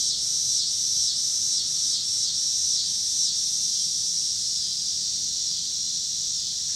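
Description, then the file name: Cicadas in a shrill buzzing chorus that pulses rhythmically for about three seconds, then settles into a steady drone. Recorded in Pittsburgh, Pennsylvania, on 26 August 2023, together with passing cars. "2023-08-26 cicadas and cars Pittsburgh PA"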